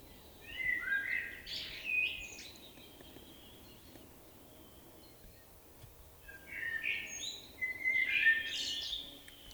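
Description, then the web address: Common blackbird singing two low, mellow whistled phrases that finish in scratchy high notes, with a quiet gap of about four seconds between. "SETE data Turdus merula"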